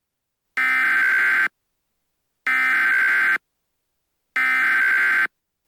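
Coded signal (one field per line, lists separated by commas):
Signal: Emergency Alert System (SAME) tones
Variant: header bursts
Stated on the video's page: A fictional EAS scenario with valid EAS tones.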